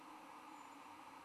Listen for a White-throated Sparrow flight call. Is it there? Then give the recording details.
no. No flight call is heard. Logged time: 01:02 on 21 December 2014